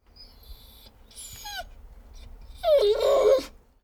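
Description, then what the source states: Dogo Argentino whimpering, faint high thin whines early, then a louder wavering whine sliding down in pitch near the end. Whining and whimpering.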